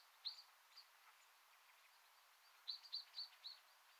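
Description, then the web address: Common blackbird calls: a couple of sharp high notes, a pause, then a quick burst of four or five clipped chinks over faint hiss. "SETE Turdus merula"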